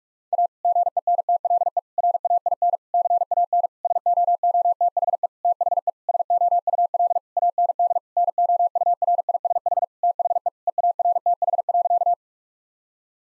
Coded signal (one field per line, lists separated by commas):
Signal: Morse code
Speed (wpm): 46 wpm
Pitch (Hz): 700 Hz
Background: none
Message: A GENTLE RAIN CAN SOOTHE THE SOUL AND NOURISH THE EARTH.